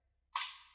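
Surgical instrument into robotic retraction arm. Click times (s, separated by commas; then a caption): 0.4 s. A surgical instrument is inserted into the interface of a robotic retraction arm and seats with a single sharp, bright click at 0.4 s. The click fades over about half a second, and the instrument is clicked in.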